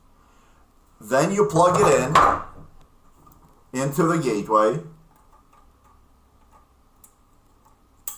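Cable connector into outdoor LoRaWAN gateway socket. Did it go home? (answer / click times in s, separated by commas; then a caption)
yes / 8.1 s. A cable connector, fed through a gland nut and insulation, is plugged into the socket of a Blackbird Miner outdoor LoRaWAN gateway while someone talks, followed by faint handling ticks. It is pushed in until a sharp click at 8.1 s, and the connector is seated.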